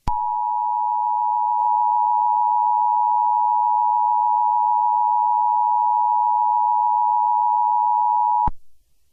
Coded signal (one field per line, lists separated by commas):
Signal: Emergency Alert System (SAME) tones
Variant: 853 and 960 Hz attention tone